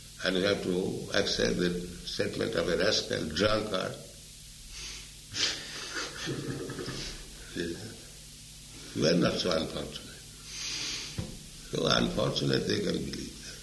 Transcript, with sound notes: and we have to accept the statement of a rascal drunkard. [laughter] We are not so unfortunate. So unfortunate, they can believe